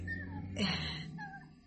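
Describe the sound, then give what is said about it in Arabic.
A dog whimpers in thin, high whining tones, with a brief louder breathy burst partway through before the whine trails off again. No one speaks. “كلب جميل لولي”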